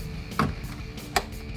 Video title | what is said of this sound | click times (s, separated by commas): 2016-2021 Tacoma SR5 NOVA-Series LED Projector Headlights; Alpha Black Housing Review & Install | your two plastic clips, snaps into place. | 0.4 s, 1.2 s